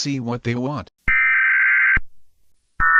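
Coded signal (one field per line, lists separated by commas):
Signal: Emergency Alert System (SAME) tones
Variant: header bursts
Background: speech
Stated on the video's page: Fictional EAS scenario; simulated, not a real alert.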